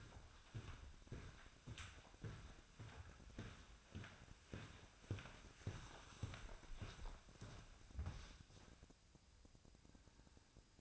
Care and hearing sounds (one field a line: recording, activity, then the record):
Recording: daily activity, microphone in the room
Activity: walk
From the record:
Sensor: 2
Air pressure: 1009.2 hPa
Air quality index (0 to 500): 181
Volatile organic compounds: 3 ppm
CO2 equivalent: 1319 ppm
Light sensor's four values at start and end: 47/122/53/58 and 48/125/54/59